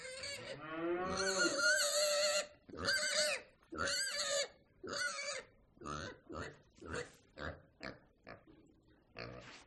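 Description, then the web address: Pig: a drawn-out squeal opens, followed by a run of short grunting squeaks, fading toward the end. On a rural farm. "som de uma quinta rural com porcos e vacas"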